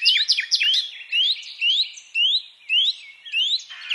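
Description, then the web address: Common nightingale song, a series of loud rising whistled notes repeated roughly twice a second after a few quick introductory chips. "SETE Luscinia megarhynchos"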